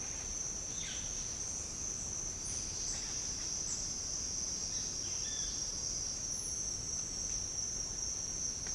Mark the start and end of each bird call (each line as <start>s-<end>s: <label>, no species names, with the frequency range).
0.65s-1.26s: bird call (1.1-5.1 kHz)
2.79s-3.84s: bird call (6.2-8.4 kHz)
4.73s-5.56s: bird call (0.9-4.4 kHz)